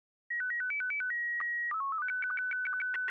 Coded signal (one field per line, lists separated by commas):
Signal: SSTV (slow-scan television)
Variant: Scottie 1